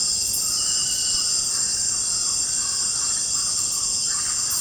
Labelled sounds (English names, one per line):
none